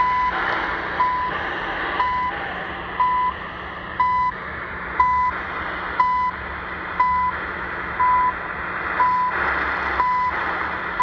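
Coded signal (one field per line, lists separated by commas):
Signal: radio time signal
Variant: CHU Canada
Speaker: The CHU 3330 coming in.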